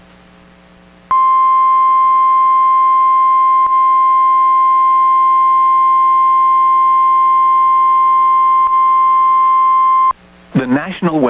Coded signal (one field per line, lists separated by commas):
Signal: Emergency Alert System (SAME) tones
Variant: 1050 Hz attention tone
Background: speech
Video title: Waterspout Special Marine Warning EAS on KWO35 (8/20/2026)